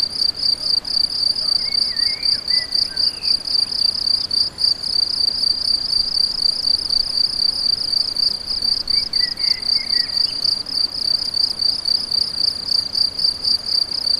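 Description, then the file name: Crickets keep up a long, even series of quick high chirps, with faint bird calls twice. Several crickets; recorded on an MZ-N710; dated 7 05 14. "MZ-N 710 Grillons 7 05 14"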